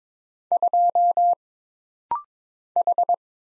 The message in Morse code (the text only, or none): 2 H